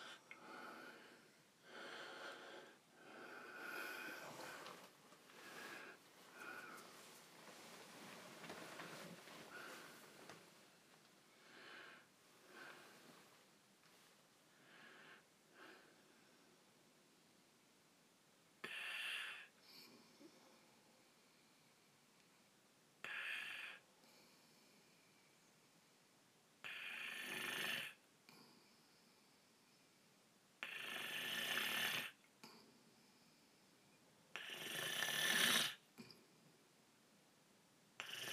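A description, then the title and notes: Snoring, with rough, breathy bursts that come quickly in the first fifteen seconds, then slow into longer, louder snores about every four seconds. Each snore is a raspy, hissing inhale standing out against near silence between breaths. Myself snoring.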